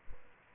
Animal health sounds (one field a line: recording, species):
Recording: mosquito wingbeat signal from an infrared sensor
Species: Aedes aegypti